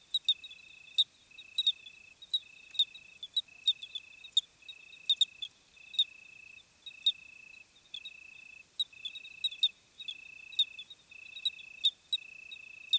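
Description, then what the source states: Cricket: evenly repeated high trilled cricket phrases run throughout, with frequent sharp clicks and a shimmering very high background buzz. Summer crickets on a hot night, 26 July 2020, 21:15, Plateau de Lesches-en-Diois; recorded with Nagra Seven and B&K omni microphone.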